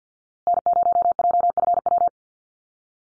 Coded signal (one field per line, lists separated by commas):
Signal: Morse code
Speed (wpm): 50 wpm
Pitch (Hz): 700 Hz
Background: none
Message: N0JFW